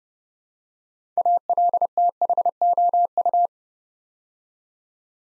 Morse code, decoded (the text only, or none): ALTHOU